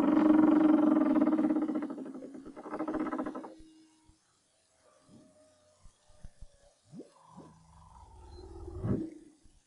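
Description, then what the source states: Humpback whale song opening with a long rapid buzzing pulse train, then scattered short tones, low moans and a final rising sweep. 2011, BRAHSS project.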